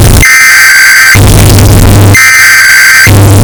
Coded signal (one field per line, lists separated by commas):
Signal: Emergency Alert System (SAME) tones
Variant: header bursts